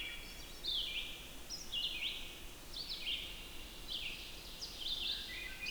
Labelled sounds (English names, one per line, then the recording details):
Red-eyed Vireo song
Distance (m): 65 m
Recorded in boreal forest in Alberta, Canada, on 14 June 2016 at 06:37
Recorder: SongMeter 3, array SBT-3-33
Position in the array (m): 152 m, 184 m